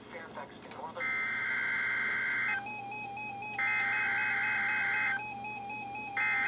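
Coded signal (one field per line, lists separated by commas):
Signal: Emergency Alert System (SAME) tones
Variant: header bursts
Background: speech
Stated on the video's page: Flood warnings received on NOAA Weather Radio.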